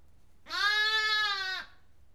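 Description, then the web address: Sheep: lamb giving a single sustained bleat of about one second, steady in pitch with bright harmonics, against a faint low hum. One lamb bleating in a barn. "BBC Sound Effects Library. One Lamb Bleating In Barn"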